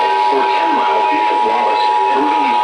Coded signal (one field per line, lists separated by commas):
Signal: Emergency Alert System (SAME) tones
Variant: 853 and 960 Hz attention tone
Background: speech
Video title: MRGL Risk Gone WILD!!! EAS Alerts from 5/11/26 (EAS #1,416-#1,438)